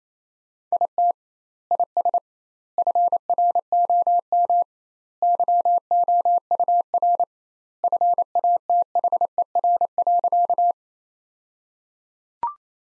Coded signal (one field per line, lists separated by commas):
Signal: Morse code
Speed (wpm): 28 wpm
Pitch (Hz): 700 Hz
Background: none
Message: IT IS FROM YOUR FATHER.